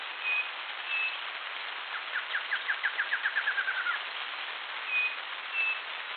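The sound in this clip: Bird with paired thin whistles at start and end, and between them a quick descending series of clipped notes, all against constant background hiss.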